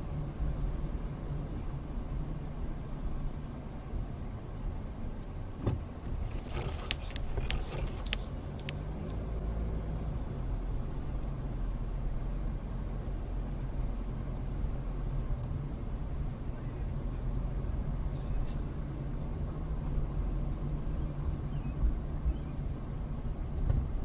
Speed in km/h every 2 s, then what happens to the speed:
16, 11, 8, 6, 13, 13, 13, 13, 15, 16, 16, 13.
0-5 slows to 6. 8-24 steady at about 13.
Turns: none.